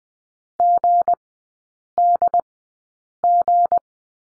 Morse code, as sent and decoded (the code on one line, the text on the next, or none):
--. -.. --.
GDG